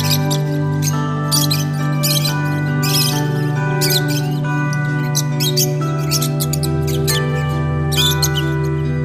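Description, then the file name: High, shrill lovebird chirps in dense irregular bursts, some overlapping, above a constant droning hum. Lovebirds, used for audio therapy. "audio terapi lovebirds"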